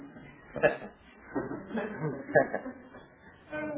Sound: laughter